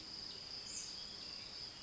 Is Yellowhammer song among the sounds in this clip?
no